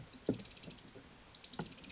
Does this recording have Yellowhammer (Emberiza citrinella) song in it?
no